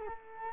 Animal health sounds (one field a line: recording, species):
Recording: mosquito wingbeat signal from an infrared sensor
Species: Culex quinquefasciatus